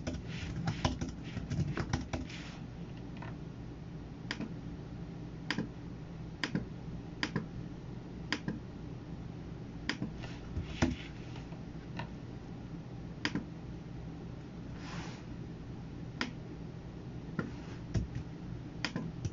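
Computer work sounds: sharp, irregular clicks and taps every second or so over a steady low hum, with a brief soft rustle near fifteen seconds.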